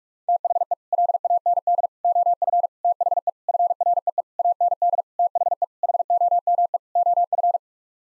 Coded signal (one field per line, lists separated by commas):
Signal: Morse code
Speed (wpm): 46 wpm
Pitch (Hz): 700 Hz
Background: none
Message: THE LAND OF THE FREE AND THE HOME OF